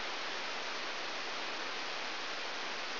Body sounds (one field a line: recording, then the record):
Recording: brain microelectrode recording played as sound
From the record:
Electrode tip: outside the subthalamic nucleus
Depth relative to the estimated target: 5 mm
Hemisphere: left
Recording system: AlphaMap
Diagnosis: Parkinson's disease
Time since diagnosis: 11 years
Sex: male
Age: 62 years